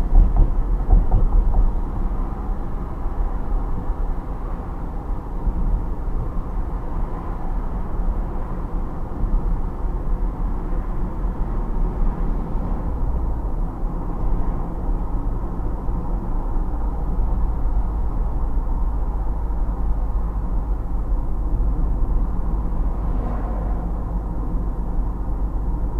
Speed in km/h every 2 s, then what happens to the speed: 48, 50, 50, 51, 51, 53, 55, 57, 59, 57, 55, 53, 53.
0-14 speeds up to 57. 14-26 steady at about 55.